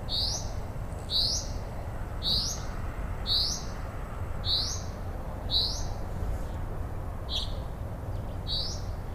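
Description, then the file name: Common chaffinch calls, bright short notes repeated about every second, broken once by a different brief sharp sound, with low rumbling noise throughout. "Fringilla coelebs"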